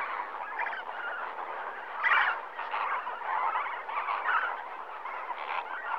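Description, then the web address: Flamingos honking together in a busy, overlapping chorus, with a few louder nasal calls standing out from the crowd. Flamingos at a lake in Kenya in the morning. "BBC Sound Effects Library. Kenya, Flamingoes"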